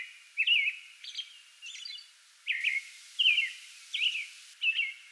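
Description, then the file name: American robin: clear, slurred whistled phrases rising and falling, interleaved with a few high thin notes, sung in quick succession. Pre-dawn song bout, recorded 8 May 2022. "2022-05-08 American Robin pre-dawn song bout"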